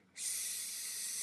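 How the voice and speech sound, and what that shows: A single steady hissing 's' is held for over a second without breaking into a vowel, longer than needed. This is a sound prolongation, the second of the most important signs of stuttering, imitated by an adult speech-language specialist on the first sound of the Arabic word 'sayyara' (car).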